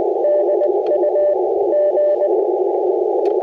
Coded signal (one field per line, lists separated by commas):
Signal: Morse code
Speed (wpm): 21 wpm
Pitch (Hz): 590 Hz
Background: radio noise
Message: DUG